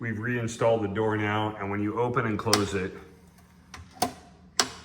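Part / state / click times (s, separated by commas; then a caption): door latch into concealed electronic cabinet lock / seated / 4.6 s. Someone talks while a reinstalled cabinet door is opened and closed. Its latch engages the catch of a concealed electronic stealth lock with a sharp click at 4.6 seconds, seating it. Fainter ticks come just before the click.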